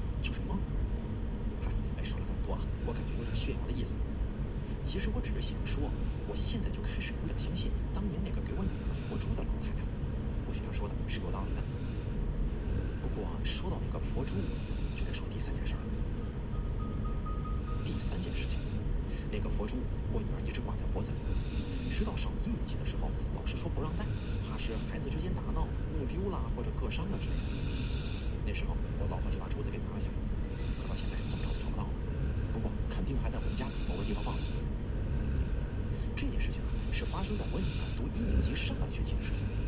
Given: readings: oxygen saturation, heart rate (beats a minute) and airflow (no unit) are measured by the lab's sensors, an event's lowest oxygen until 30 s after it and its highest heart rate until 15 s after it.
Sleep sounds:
breathing in sleep by a smartphone at the bedside; 1
5.00-30.00 s: hypopnea (N1, oxygen 95% highest, then 92% lowest)
7.00-39.68 s: new sleep stage, N2 (light sleep)
From the record:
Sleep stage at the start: N1 (lightest sleep); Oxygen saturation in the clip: 92 to 95%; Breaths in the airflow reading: 12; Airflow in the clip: -1.2 to 3.4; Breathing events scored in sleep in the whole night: 335 in 6.7 hours asleep

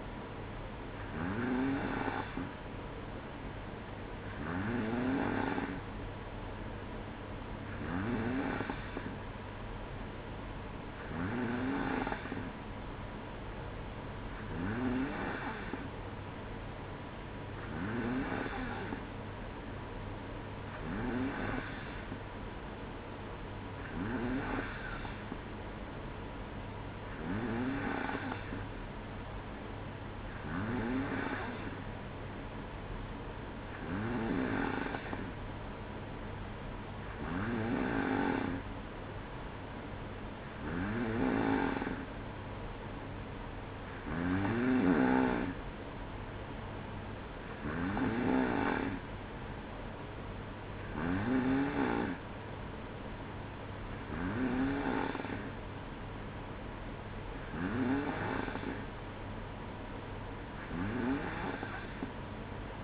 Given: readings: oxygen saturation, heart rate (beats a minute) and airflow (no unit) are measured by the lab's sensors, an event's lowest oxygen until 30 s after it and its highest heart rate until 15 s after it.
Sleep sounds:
breathing in sleep by a voice recorder at the bedside; none
none scored
From the record:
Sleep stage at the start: N2 (light sleep); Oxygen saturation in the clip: 93 to 94%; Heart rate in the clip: 59 to 62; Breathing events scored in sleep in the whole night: 305 in 9.6 hours asleep

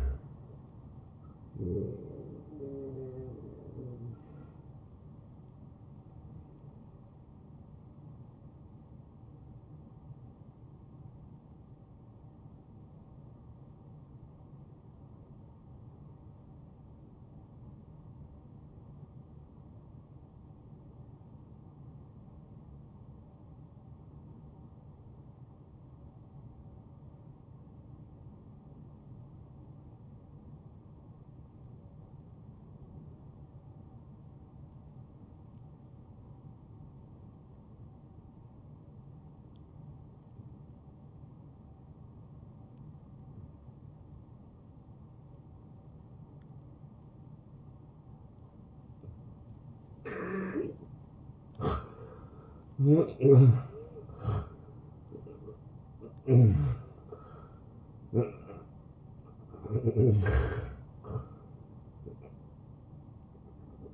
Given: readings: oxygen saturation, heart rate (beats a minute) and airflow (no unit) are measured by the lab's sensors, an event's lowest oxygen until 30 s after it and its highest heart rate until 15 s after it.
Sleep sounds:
breathing in sleep by a smartphone at the bedside; 1
13.00-50.60 s: hypopnea (N1, oxygen 95% highest, then 82% lowest, heart rate 75 at the start, 83 highest)
From the record:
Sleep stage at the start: N1 (lightest sleep); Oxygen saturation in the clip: 82 to 95%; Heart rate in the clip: 70 to 86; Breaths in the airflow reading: 9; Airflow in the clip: -20.6 to 9.6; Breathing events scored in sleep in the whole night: 263 in 5.5 hours asleep

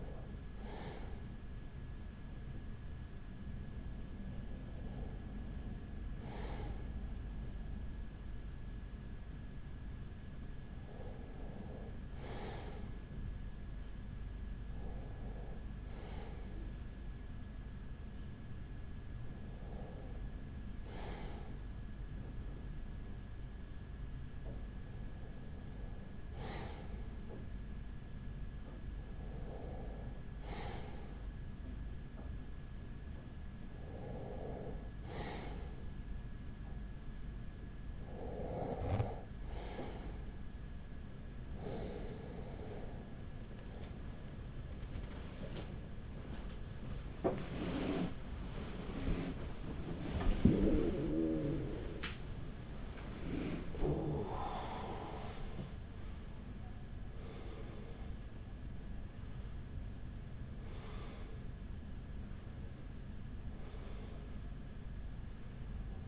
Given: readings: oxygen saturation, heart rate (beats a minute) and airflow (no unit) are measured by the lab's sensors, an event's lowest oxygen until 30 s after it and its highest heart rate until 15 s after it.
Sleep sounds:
breathing in sleep by a smartphone at the bedside; none
40.00-66.08 s: new sleep stage, awake
41.00-66.08 s: awake
From the record:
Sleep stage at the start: REM sleep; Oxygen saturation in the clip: 95 to 96%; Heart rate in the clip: 38 to 79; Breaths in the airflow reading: 14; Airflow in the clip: -5.7 to 7.4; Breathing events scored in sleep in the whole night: 207 in 7.6 hours asleep

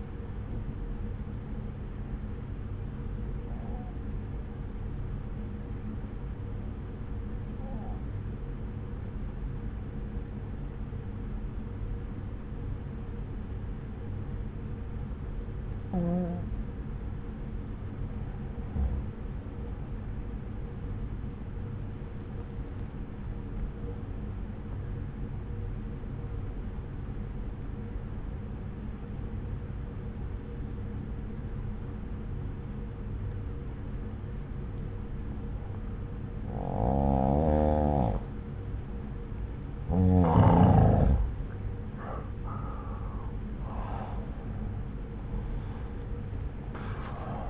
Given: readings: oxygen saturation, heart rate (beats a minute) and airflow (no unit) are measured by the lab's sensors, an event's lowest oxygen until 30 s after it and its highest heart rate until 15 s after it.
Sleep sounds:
breathing in sleep by a smartphone at the bedside; 1
6.00-39.20 s: obstructive apnea (N1, oxygen 96% highest, then 85% lowest)
16.00-46.00 s: new sleep stage, N2 (light sleep)
46.00-47.50 s: new sleep stage, N1 (lightest sleep)
From the record:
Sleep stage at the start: N1 (lightest sleep); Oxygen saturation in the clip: 89 to 96%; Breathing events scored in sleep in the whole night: 303 in 8.1 hours asleep

